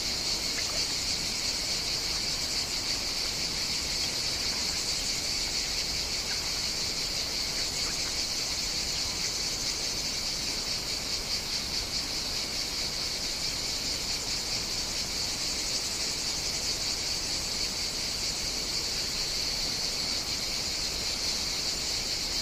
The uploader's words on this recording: 2 hours of cicada sounds.